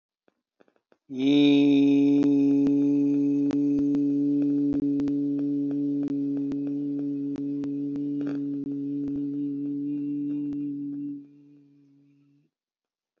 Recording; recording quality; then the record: sustained vowel as in beet; excellent, no background noise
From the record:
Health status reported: healthy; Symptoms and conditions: hypertension, ischaemic heart disease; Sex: male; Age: 58 years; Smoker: no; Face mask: not worn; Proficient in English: yes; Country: India